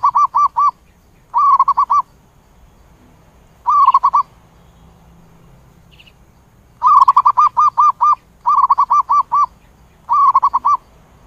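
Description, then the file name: Zebra dove cooing in repeated rolling bursts of quick, clear notes, six phrases separated by pauses. "tieng cu van co tieng gu"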